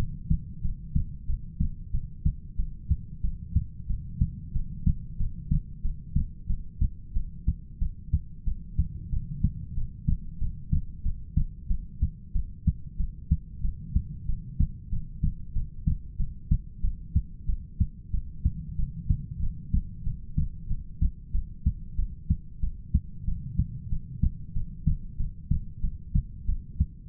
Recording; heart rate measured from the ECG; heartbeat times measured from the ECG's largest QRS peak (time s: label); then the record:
heart sounds by stethoscope; 93 bpm
0.63 s: heartbeat
1.27 s: heartbeat
1.92 s: heartbeat
2.57 s: heartbeat
3.22 s: heartbeat
3.88 s: heartbeat
4.54 s: heartbeat
5.18 s: heartbeat
5.83 s: heartbeat
6.48 s: heartbeat
7.14 s: heartbeat
7.80 s: heartbeat
8.45 s: heartbeat
9.11 s: heartbeat
9.75 s: heartbeat
10.40 s: heartbeat
11.04 s: heartbeat
11.69 s: heartbeat
12.34 s: heartbeat
12.98 s: heartbeat
13.63 s: heartbeat
14.27 s: heartbeat
14.91 s: heartbeat
15.54 s: heartbeat
16.18 s: heartbeat
16.82 s: heartbeat
17.47 s: heartbeat
18.12 s: heartbeat
18.77 s: heartbeat
19.41 s: heartbeat
20.05 s: heartbeat
20.69 s: heartbeat
21.33 s: heartbeat
21.97 s: heartbeat
22.61 s: heartbeat
23.26 s: heartbeat
23.90 s: heartbeat
24.54 s: heartbeat
25.18 s: heartbeat
25.82 s: heartbeat
26.47 s: heartbeat
From the record:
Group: heart failure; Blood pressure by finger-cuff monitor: 91/57 mmHg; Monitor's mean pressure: 68 mmHg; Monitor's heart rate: 92 bpm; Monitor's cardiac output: 7.8 L/min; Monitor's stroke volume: 85 mL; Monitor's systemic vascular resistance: 620 dyn s/cm5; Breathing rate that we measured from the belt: 13 breaths a minute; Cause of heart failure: ischemic heart disease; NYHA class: 1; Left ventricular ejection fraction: 38%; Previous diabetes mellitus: present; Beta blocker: bisoprolol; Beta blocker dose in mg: 15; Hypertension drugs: sacubitril-valsartan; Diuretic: furosemide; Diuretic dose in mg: 20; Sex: male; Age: 33 years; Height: 172 cm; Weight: 78.5 kg